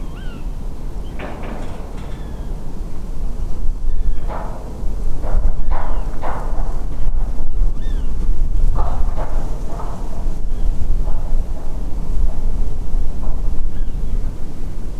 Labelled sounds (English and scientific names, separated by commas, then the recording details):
Tawny Owl (Strix aluco)
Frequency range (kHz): Tawny Owl (Strix aluco) 0.8-5.6 kHz
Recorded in France